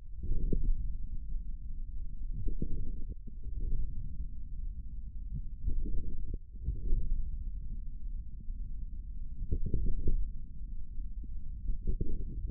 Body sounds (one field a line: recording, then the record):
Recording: forearm muscle sounds (acoustic myography)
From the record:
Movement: wrist flexion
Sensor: system 1, eight BSWA MPA416 microphones around the upper forearm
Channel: 5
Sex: male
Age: 41 years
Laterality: right